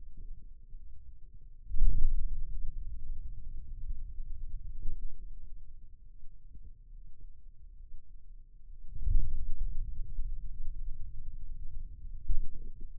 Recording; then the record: forearm muscle sounds (acoustic myography)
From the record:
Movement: ulnar deviation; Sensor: system 2, bracelet of six BSWA MPA416 microphones around the upper forearm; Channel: 6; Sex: male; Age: 22 years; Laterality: right